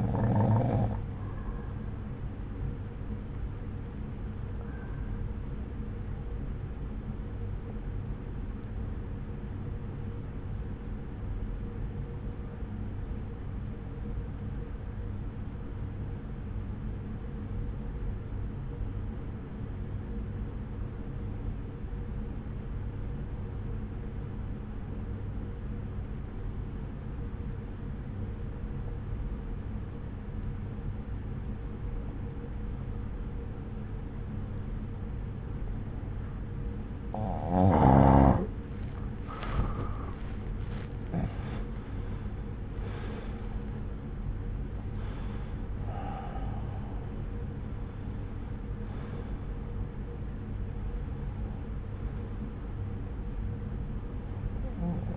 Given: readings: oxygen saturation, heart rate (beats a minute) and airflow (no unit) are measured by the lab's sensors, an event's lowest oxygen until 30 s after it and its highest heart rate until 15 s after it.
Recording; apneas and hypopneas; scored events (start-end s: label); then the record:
breathing in sleep by a smartphone at the bedside; 1
5.00-35.00 s: new sleep stage, N2 (light sleep)
6.00-38.00 s: obstructive apnea (N2, oxygen 95% highest, then 85% lowest)
35.00-55.17 s: new sleep stage, N1 (lightest sleep)
From the record:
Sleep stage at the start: N1 (lightest sleep); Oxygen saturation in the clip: 87 to 95%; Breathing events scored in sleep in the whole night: 303 in 8.1 hours asleep